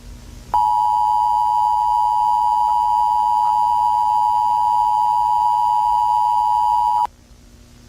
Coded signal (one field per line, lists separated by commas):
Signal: Emergency Alert System (SAME) tones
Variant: 853 and 960 Hz attention tone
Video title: Reacting to emergency alert systems part one (new trend) #emergencyalertsystem #easalert #fakenews